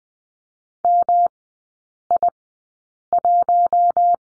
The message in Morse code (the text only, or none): MI1